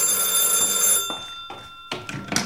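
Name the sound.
telephone ringing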